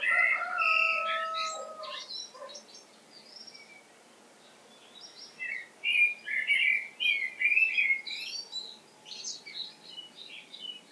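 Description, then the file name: Common blackbird with a few low fluty whistled notes at the start, then a later spell of quick, scratchy twittering chatter. "Turdus merula"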